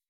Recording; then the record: hydrophone in a shrimp aquaculture tank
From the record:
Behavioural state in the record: weakened